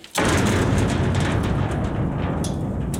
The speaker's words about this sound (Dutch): Slot open en dan een hele zware metalen deur open.